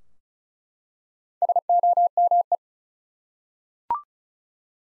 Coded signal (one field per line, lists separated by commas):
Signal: Morse code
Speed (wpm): 36 wpm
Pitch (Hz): 700 Hz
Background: none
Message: SOME